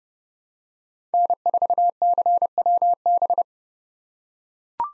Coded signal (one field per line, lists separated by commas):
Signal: Morse code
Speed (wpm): 30 wpm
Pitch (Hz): 700 Hz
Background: none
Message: N4CWB